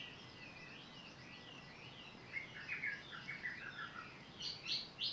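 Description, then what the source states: Bird song: quiet, varied chirping and warbled phrases, growing louder and busier in the second half, with steady background hiss. Recorded 18 April 2022.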